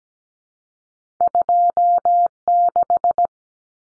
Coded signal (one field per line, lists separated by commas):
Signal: Morse code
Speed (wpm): 17 wpm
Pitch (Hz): 700 Hz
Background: none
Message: 26